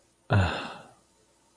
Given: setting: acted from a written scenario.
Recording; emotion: vocal sound without words; guilt